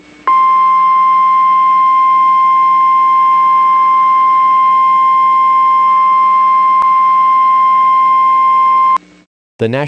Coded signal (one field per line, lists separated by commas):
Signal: Emergency Alert System (SAME) tones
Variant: 1050 Hz attention tone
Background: speech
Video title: Angry EAS: Tornado Warning